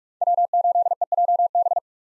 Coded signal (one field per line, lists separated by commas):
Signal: Morse code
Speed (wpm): 43 wpm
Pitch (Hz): 700 Hz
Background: none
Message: W8EJB